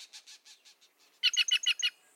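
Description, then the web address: Green Jay calls, a series of several soft notes followed by five louder notes in quick succession. "birdnote-daily- episodio green-jay"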